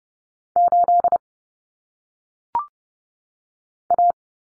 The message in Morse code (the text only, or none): 8 A